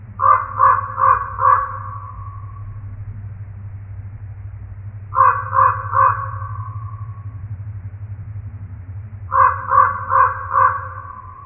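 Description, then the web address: Common Raven croaks in three bursts of four rapid, throaty notes, spaced about four seconds apart, over a steady low hum. Recorded on 4 January 2007. "Common Raven 2007 01 04"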